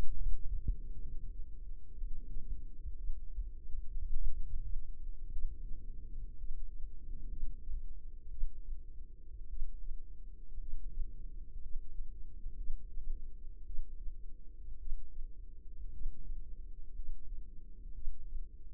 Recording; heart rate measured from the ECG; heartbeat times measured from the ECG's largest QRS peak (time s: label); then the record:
heart sounds by microphone in the left ear; 57 bpm
1.00 s: heartbeat
1.97 s: heartbeat
2.96 s: heartbeat
4.13 s: heartbeat
5.31 s: heartbeat
6.36 s: heartbeat
7.29 s: heartbeat
8.29 s: heartbeat
9.48 s: heartbeat
10.59 s: heartbeat
11.61 s: heartbeat
12.56 s: heartbeat
13.65 s: heartbeat
14.78 s: heartbeat
15.91 s: heartbeat
16.94 s: heartbeat
17.93 s: heartbeat
From the record:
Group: healthy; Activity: rest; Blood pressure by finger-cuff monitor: 96/63 mmHg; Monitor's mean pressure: 74 mmHg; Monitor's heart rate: 54 bpm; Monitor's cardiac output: 4.4 L/min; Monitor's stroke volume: 78 mL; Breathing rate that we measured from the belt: 12 breaths a minute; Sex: female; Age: 36 years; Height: 163 cm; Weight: 88 kg